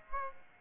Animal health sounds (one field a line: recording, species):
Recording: mosquito wingbeat signal from an infrared sensor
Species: Aedes aegypti